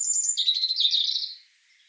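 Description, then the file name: European robin song: a high thin note at the start dropping into a rich, warbling, wavering phrase that fades out after about a second and a half. "Erithacus rubecula"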